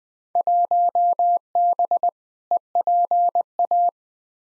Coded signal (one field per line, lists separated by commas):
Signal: Morse code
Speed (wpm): 20 wpm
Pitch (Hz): 700 Hz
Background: none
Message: 1B EPA